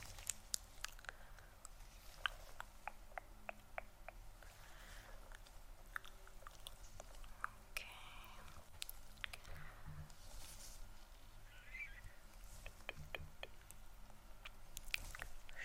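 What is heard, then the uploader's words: Latex gloves rubbing and squishing close up, with lotion sounds. Sharp little snaps and sticky clicks come every second or so, with brief slippery smears near eight and twelve seconds over a low steady hum. ASMR Latex Gloves Personal Attention, Close Up, Lotion Sounds.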